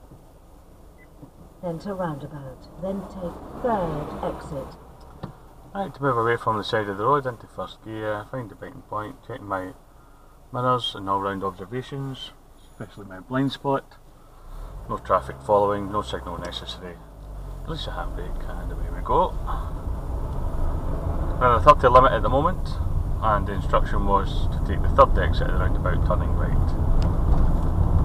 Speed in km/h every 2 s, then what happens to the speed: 0, 0, 0, 0, 0, 0, 0, 0, 0, 2, 18, 19, 23, 27.
0-18 standing. 18-28 pulls away to 27.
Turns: none.